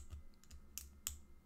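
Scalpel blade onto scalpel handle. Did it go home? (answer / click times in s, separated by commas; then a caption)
yes / 1.1 s. A metal scalpel blade is lined up with the angled fitting on a scalpel handle and pushed on until it clicks into place. A few faint ticks and a sharper snap at 0.8 s come before the loudest, bright click at 1.1 s, when the blade seats on the handle.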